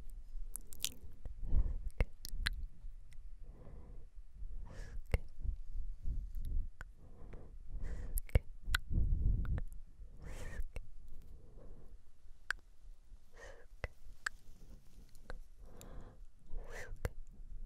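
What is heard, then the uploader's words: Mouth sounds fill the clip: soft wet smacks, clicks and lip pops come every second or so, with breathy whisper-like puffs between them. Sharp bright clicks cut through a low rumbling bed, and the pattern stays busy and fairly irregular throughout. ASMR MOUTH SOUNDS IN YOUR EARS.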